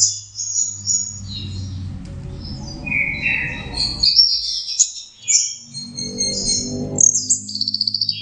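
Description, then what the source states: Orange-headed thrush song, high chattering and whistled phrases over low rumbling noise, ending with a fast, even trill. Indonesian name anis merah; masteran, a training recording for teaching songs to birds.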